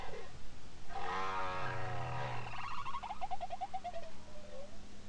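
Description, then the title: Bowhead whale song with stacked harmonic moans, a deep low tone underneath, then a run of quick pulsed notes sliding downward, over steady underwater hiss. Song from Spitsbergen. "Grønlandshvalens sang 1. Lyd: Stafford, Lydersen, Wiig, Kovacs"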